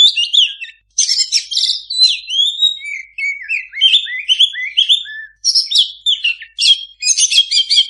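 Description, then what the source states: Oriental magpie-robin pouring out a continuous, fast song of varied whistles, buzzy trills and sharp notes in phrases with brief breaks. Singing kacer (Oriental magpie-robin) in gacor full-song condition; master recording meant for owners of kacer that do not sing.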